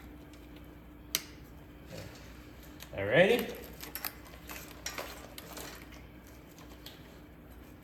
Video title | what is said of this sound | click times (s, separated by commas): Making custom body mounts for the Chevy LCF, and installing LS swap harness | and that's it just keep going just keep plugging away make sure you hear it click every time | 1.1 s